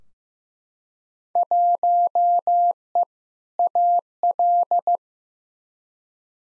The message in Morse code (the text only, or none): 1E AL